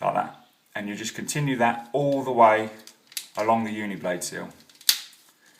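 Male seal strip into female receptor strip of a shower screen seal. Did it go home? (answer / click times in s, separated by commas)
yes / 4.9 s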